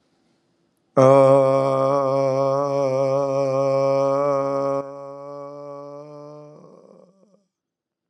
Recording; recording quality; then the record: sustained vowel as in made; excellent, no background noise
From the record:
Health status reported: healthy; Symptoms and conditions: breathing difficulty, diabetes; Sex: male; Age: 52 years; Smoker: not ticked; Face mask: not worn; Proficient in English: yes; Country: India